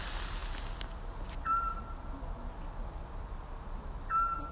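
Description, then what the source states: Eurasian scops owl calling two clean, whistled single notes a few seconds apart against steady background noise. Recorded on 3 May 2018.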